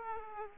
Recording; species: mosquito wingbeat signal from an infrared sensor; Aedes aegypti